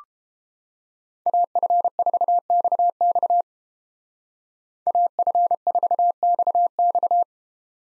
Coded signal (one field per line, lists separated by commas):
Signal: Morse code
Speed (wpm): 29 wpm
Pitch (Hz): 700 Hz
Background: none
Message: AF4XX AF4XX